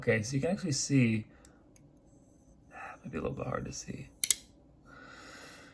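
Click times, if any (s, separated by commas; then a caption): 4.2 s. Someone talks as a folding knife is opened, and a section of its metal liner drops into a groove at the pivot. A sharp snap is heard at 4.2 s as the liner lock engages and the blade locks open.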